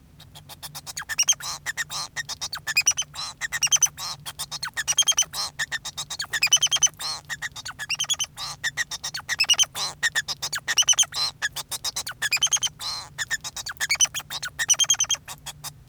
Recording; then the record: song of a male Bengalese finch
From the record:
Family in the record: son of father 2